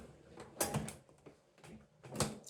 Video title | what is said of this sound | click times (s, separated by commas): Embroidery with Janome atelier 9 sewing machine | and then it clicks in place. | 2.2 s